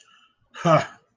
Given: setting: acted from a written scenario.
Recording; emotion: vocal sound without words; contempt